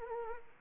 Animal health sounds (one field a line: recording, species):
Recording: mosquito wingbeat signal from an infrared sensor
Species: Anopheles arabiensis